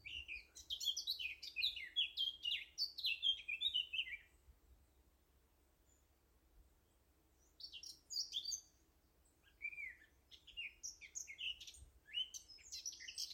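Eurasian blackcap song: a rapid, scratchy-to-fluty warbled phrase lasting about four seconds, then quiet, then shorter high bursts of twittering notes, with faint low hum behind.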